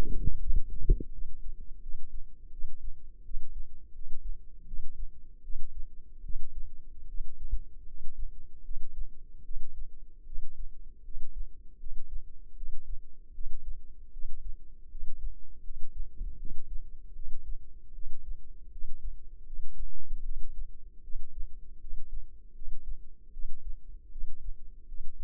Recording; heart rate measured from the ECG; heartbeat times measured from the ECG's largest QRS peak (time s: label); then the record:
heart sounds by microphone in the left ear; 78 bpm
0.37 s: heartbeat
1.09 s: heartbeat
1.79 s: heartbeat
2.49 s: heartbeat
3.22 s: heartbeat
3.92 s: heartbeat
4.64 s: heartbeat
5.41 s: heartbeat
6.21 s: heartbeat
7.05 s: heartbeat
7.85 s: heartbeat
8.62 s: heartbeat
9.42 s: heartbeat
10.23 s: heartbeat
11.02 s: heartbeat
11.77 s: heartbeat
12.54 s: heartbeat
13.31 s: heartbeat
14.10 s: heartbeat
14.88 s: heartbeat
15.61 s: heartbeat
16.36 s: heartbeat
17.12 s: heartbeat
17.92 s: heartbeat
18.69 s: heartbeat
19.44 s: heartbeat
20.22 s: heartbeat
21.01 s: heartbeat
21.78 s: heartbeat
22.52 s: heartbeat
23.30 s: heartbeat
24.09 s: heartbeat
24.85 s: heartbeat
From the record:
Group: healthy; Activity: rest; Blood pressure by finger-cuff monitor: 119/82 mmHg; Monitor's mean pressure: 94 mmHg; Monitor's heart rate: 78 bpm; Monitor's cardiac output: 6.3 L/min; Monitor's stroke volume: 80 mL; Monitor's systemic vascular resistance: 1080 dyn s/cm5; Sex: female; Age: 22 years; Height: 160 cm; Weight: 45 kg